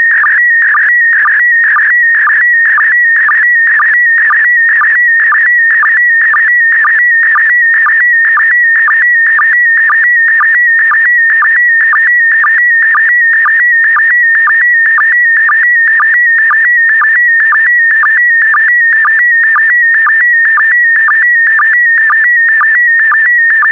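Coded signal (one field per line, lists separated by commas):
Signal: SSTV (slow-scan television)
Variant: PD120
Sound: continuous warbling tone shifting between pitches, with short low sync chirps about twice a second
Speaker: Get ready. Starting transmission in 5, 4, 3, 2, 1. Transmission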